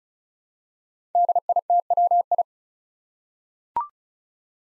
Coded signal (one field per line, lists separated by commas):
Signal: Morse code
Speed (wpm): 36 wpm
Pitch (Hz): 700 Hz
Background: none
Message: DITWI